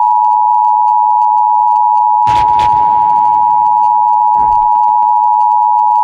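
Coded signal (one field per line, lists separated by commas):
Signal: Emergency Alert System (SAME) tones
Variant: 853 and 960 Hz attention tone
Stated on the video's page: Fictional EAS scenario about an invasion, not a real alert.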